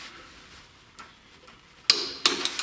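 A click-type torque wrench tightens a cylinder head bolt on a small Kohler K301 engine head. After a quiet stretch with a few faint ticks, the wrench gives a sharp click at 1.9 s as it reaches its setting, and three more clicks follow in quick succession.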